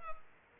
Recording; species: mosquito wingbeat signal from an infrared sensor; Culex pipiens